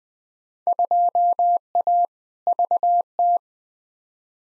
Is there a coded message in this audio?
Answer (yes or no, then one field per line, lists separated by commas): yes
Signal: Morse code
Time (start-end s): 0.7-3.4 s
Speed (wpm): 21 wpm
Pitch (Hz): 700 Hz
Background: none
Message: 2A VT